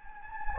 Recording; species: mosquito wingbeat signal from an infrared sensor; Anopheles gambiae